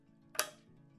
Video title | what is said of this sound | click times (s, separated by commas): DIY Chickpea Crumbs (vegan, plant-based, oil-free, grain-free) | here the click and then you turn it and what | 0.4 s